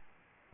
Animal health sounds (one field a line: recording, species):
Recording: mosquito wingbeat signal from an infrared sensor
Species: Aedes albopictus